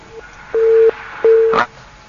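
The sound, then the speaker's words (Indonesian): A telephone busy tone after a call drops: two steady, mid-pitched beeps of equal length, separated by a short silence, sounding alone and moderately loud. “Ya, sepertinya terputus.”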